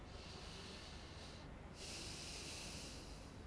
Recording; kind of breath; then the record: one breath in and out by a microphone near the nose and mouth; deep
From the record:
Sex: male